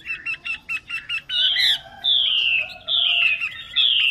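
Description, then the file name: Chinese hwamei singing: six quick, evenly spaced two-part notes, then several long loud whistles that slide downward. Female bird singing. "Tieng chim hoa mi mai hot"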